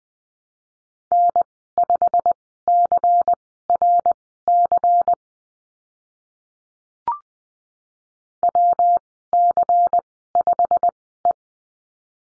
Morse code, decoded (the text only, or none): N5CRC WC5E